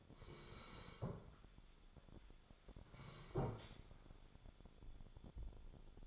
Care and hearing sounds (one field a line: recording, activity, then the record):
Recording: daily activity, microphone in the room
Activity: sit down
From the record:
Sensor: 5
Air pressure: 1015.3 hPa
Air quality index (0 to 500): 172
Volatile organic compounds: 6 ppm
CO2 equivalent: 1874 ppm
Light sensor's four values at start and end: 36/83/34/32 and 36/83/34/32